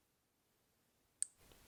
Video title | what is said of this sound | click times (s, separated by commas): Toyota Sienna Front Brakes (2011-2022) | you should hear a little click when they're in position and they should look like this | 1.2 s